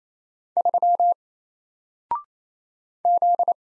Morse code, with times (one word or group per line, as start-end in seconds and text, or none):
0.6-1.1 3
3.0-3.5 Z